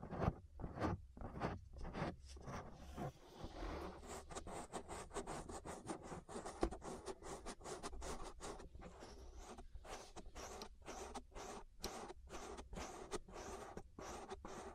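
Ear massage with dense, steady rubbing and scratching strokes in quick regular pulses, bright and rustly over a low rumble throughout.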